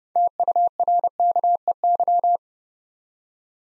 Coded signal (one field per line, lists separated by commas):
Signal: Morse code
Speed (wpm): 29 wpm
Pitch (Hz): 700 Hz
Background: none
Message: TURKEY